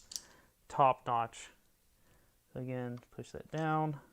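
During a mini-ITX PC build, a component is pushed down into its motherboard slot or mount while someone talks, with a brief sharp tick near the start. The part is only being handled; nothing has seated or clicked into place yet.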